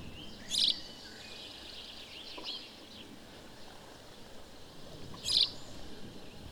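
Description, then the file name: House sparrow calling with brief, bright chirps, two loud notes nearly five seconds apart over constant rushing noise. "Passer domesticus"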